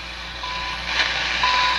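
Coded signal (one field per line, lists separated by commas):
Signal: radio time signal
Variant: CHU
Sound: two short 1 kHz beeps one second apart over steady radio hiss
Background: radio static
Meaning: Each tone marks one second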